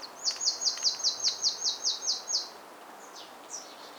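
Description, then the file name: Marsh tit delivering a quick series of many high, downward-sweeping notes over about two seconds, then a few faint notes afterwards. "Poecile palustris"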